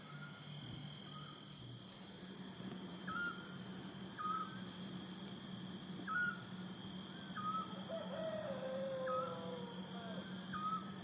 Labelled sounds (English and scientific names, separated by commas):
Eurasian Scops Owl (Otus scops)